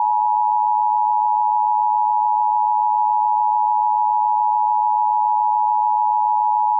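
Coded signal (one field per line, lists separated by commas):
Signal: Emergency Alert System (SAME) tones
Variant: 853 and 960 Hz attention tone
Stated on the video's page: Immediate evacuation EAS alert from wildfires, received on an AM station at 970 kHz.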